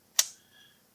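A steel swing-out cylinder is swung closed into the frame of a Taurus double-action revolver, giving a single sharp click at 0.2 s. A faint, thin ringing follows around 0.5–0.7 s. The cylinder latches and is seated, locked in place.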